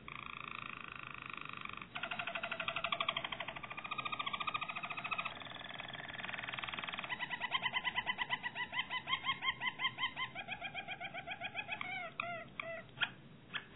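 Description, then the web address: Harz Roller canary song of nearly continuous rolls and trills that grow choppier toward the end, closing with a few short separate notes. "~joaopt canarios racas canto harzers"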